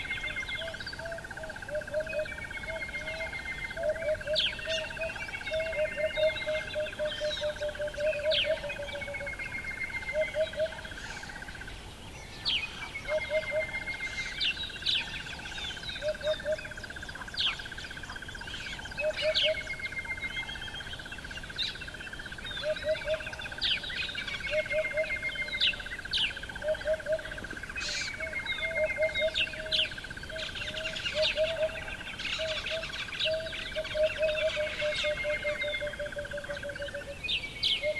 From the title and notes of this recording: Morning ambience on the edge of the Limpopo river in Northern South Africa. Hoopoes, Barbets, Doves and many other species create a beautifully polyrhythmic performance.